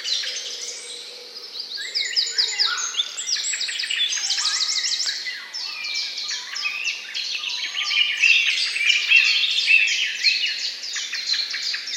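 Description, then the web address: Birds in a dense dawn-type chorus, many overlapping high chirps, trills and whistles, with a few lower sliding notes and a faint low hum early on. Morning birdsong. "utrennie pesni ptic"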